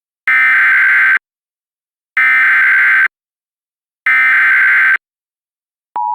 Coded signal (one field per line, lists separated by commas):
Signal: Emergency Alert System (SAME) tones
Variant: header bursts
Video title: EAS Partial Reenactment Mock: This happened while WXK26 Out of Service - 08/15/2022